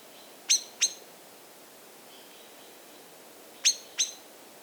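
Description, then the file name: Common blackbird calls, two pairs of sharp clicking notes about three seconds apart over a quiet background. "Turdus merula"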